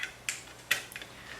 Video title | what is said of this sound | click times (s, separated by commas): Travail du bois : Choisir et poser la quincaillerie d'un placard, charnières et glissières | grâce à ce petit système qui vient simplement se clipser ici. | 0.7 s